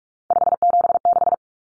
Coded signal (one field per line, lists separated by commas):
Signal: Morse code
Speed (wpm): 44 wpm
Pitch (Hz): 700 Hz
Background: none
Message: 576